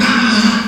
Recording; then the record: squeal of a Yucatan mini pig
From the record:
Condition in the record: after surgery on the right vocal fold (resection and tissue-engineered implant); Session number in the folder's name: 14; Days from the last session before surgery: 133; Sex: female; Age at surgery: 19 weeks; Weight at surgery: 25 kg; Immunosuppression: prednisolone